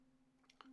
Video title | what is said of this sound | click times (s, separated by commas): The Back to the Future Part 3 Delorean | there's a one solid piece another click into place | 0.5 s, 0.6 s